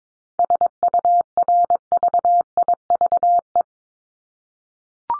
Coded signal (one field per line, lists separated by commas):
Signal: Morse code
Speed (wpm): 22 wpm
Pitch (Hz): 700 Hz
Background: none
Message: SURVIVE